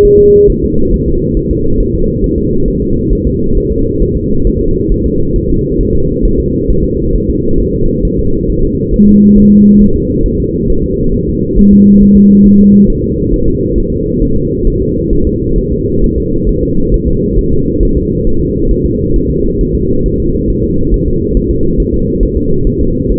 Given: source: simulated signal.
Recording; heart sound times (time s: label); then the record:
fetal heart sounds
0.05 s: S1
0.19 s: S2
0.50 s: S1
0.64 s: S2
0.94 s: S1
1.08 s: S2
1.37 s: S1
1.51 s: S2
1.80 s: S1
1.94 s: S2
2.24 s: S1
2.38 s: S2
2.68 s: S1
2.82 s: S2
3.13 s: S1
3.27 s: S2
3.57 s: S1
3.72 s: S2
4.02 s: S1
4.17 s: S2
4.47 s: S1
4.61 s: S2
4.92 s: S1
5.06 s: S2
5.36 s: S1
5.50 s: S2
5.81 s: S1
5.95 s: S2
6.25 s: S1
6.40 s: S2
6.70 s: S1
6.84 s: S2
7.15 s: S1
7.30 s: S2
7.60 s: S1
7.75 s: S2
8.05 s: S1
8.19 s: S2
8.50 s: S1
8.64 s: S2
8.94 s: S1
9.08 s: S2
9.38 s: S1
9.52 s: S2
9.82 s: S1
9.96 s: S2
10.26 s: S1
10.40 s: S2
10.70 s: S1
10.84 s: S2
11.14 s: S1
11.28 s: S2
11.59 s: S1
11.73 s: S2
12.03 s: S1
12.17 s: S2
12.46 s: S1
12.60 s: S2
12.90 s: S1
13.04 s: S2
13.34 s: S1
13.48 s: S2
13.78 s: S1
13.92 s: S2
14.22 s: S1
14.37 s: S2
14.67 s: S1
14.81 s: S2
15.13 s: S1
15.27 s: S2
15.58 s: S1
15.72 s: S2
16.04 s: S1
16.18 s: S2
16.49 s: S1
16.63 s: S2
16.94 s: S1
17.08 s: S2
17.38 s: S1
17.53 s: S2
17.83 s: S1
17.97 s: S2
18.27 s: S1
18.41 s: S2
18.72 s: S1
18.86 s: S2
19.16 s: S1
19.30 s: S2
19.61 s: S1
19.75 s: S2
20.06 s: S1
20.20 s: S2
20.50 s: S1
20.64 s: S2
20.94 s: S1
21.08 s: S2
21.37 s: S1
21.51 s: S2
21.80 s: S1
21.94 s: S2
22.23 s: S1
22.37 s: S2
22.67 s: S1
22.81 s: S2
23.12 s: S1
From the record:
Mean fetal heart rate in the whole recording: 135 bpm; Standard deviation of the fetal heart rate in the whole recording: 3 bpm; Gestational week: 36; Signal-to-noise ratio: -16.4 dB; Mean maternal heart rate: 72 bpm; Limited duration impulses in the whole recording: present